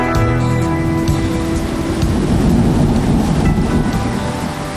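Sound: rain falling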